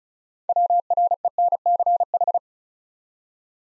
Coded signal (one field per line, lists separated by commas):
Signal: Morse code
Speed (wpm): 36 wpm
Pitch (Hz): 700 Hz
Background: none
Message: WRENCH